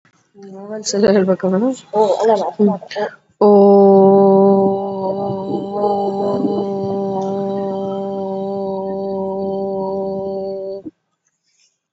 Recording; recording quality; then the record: sustained vowel as in boot; excellent, no background noise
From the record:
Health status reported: COVID-19 positive, mild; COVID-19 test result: positive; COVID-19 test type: RT-PCR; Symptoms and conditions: cold, fatigue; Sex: female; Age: 27 years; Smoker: no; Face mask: not worn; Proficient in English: yes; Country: India